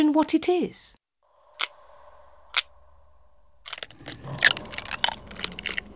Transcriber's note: fx: egg breaking / cry of baby dragon